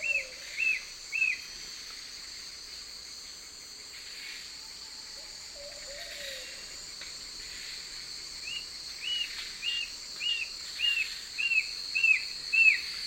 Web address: Natures Songs S America Eastern Lowlands Brown Nunlet